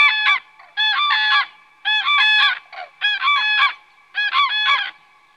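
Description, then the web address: Common crane trumpeting: loud, rolling, rich-toned bugles in five bursts, each under a second, repeated roughly every second. "Kurki. nauhalaisen aanimaailmat"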